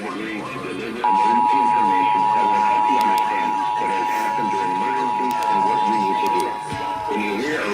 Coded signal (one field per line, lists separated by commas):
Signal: Emergency Alert System (SAME) tones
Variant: 853 and 960 Hz attention tone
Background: speech, music